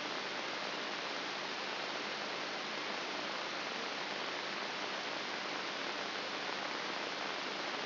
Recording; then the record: brain microelectrode recording played as sound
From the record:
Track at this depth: inside the subthalamic nucleus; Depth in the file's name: 2.704 mm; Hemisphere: left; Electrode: 3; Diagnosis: Parkinson's disease